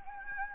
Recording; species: mosquito wingbeat signal from an infrared sensor; Anopheles gambiae